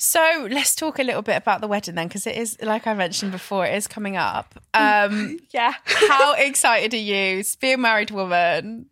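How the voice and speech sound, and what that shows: A woman speaks clearly and fluently in a conversational tone; ordinary speech.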